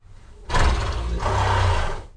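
Horse blustering: two rough, breathy snorting bursts with a deep low rumble, the second one slightly longer.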